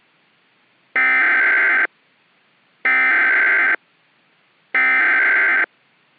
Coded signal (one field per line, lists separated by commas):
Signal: Emergency Alert System (SAME) tones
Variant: header bursts